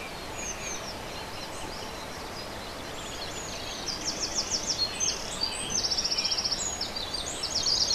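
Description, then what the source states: European robin giving high, glittering trilled phrases that grow busier in the second half, with soft faint chirps and hiss behind. Recorded 27 April 2011.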